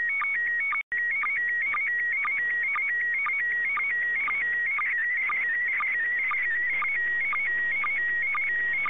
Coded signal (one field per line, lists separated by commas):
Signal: SSTV (slow-scan television)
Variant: PD 120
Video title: Ham Radio - Automate satellite capture with Gpredict and GQRX on Linux.